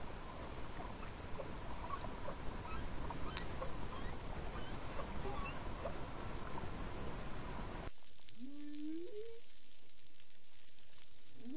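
Whale song partly buried: about eight seconds of dense rushing noise, then quieter water where a rising swoop and faint higher squeaks come through.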